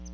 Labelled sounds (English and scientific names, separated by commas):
Palm Warbler (Setophaga palmarum) flight call